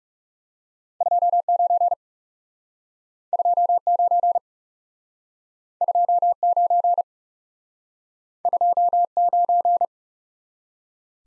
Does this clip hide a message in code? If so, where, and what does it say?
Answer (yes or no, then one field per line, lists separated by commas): yes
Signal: Morse code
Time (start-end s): 1.0-9.8 s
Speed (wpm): 38 wpm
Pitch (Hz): 700 Hz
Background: none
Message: 29 29 29 29